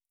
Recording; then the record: hydrophone in a shrimp aquaculture tank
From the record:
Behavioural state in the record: stressed